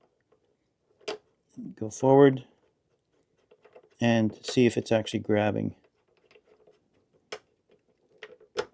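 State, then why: Not seated. A flightstick mounting piece is moved back and then forward in its locking clamp while setting up a MOZA AB6 force feedback flightstick, and someone talks. Soft handling taps and a few sharper knocks are heard, the loudest near 7.3 s and 8.2 s. The locking mechanism fails to grab, and nothing has seated or clicked yet.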